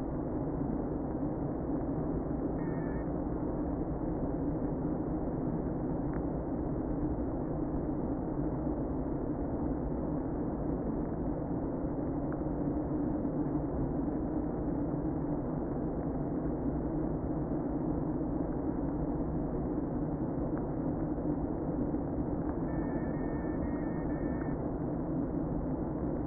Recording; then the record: honeybee colony, microphone inside the hive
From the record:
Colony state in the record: queen present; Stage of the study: before two queens were removed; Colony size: about 60,000 bees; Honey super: yes